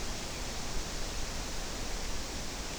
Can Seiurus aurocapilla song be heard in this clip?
no